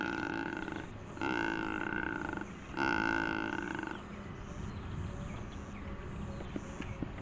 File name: Secretarybird